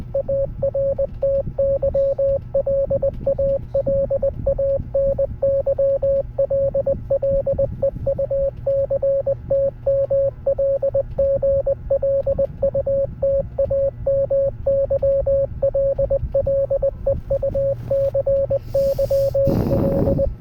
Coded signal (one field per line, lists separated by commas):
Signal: Morse code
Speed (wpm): 20 wpm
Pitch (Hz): 550 Hz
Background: radio noise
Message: ARTYL ALANYL LEUCTMLGLUTAMYL LEUCYL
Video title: longest Morse code